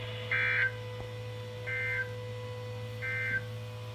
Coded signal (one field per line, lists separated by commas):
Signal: Emergency Alert System (SAME) tones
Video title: Unexpected EAS catches 93-97 6/19/20